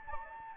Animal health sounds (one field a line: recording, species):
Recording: mosquito wingbeat signal from an infrared sensor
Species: Anopheles gambiae